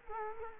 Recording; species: mosquito wingbeat signal from an infrared sensor; Culex quinquefasciatus